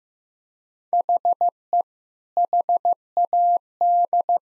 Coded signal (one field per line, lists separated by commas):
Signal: Morse code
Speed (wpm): 15 wpm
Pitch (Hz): 700 Hz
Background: none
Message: HE HAD